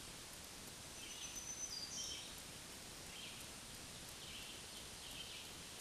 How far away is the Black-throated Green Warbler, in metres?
about 30 m